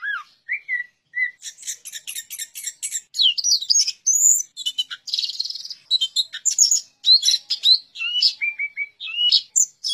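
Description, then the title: Orange-headed thrush song opening with a few soft whistles, then building into a dense, fast mix of chattering notes, buzzes and clear repeated whistles. "Anis Merah"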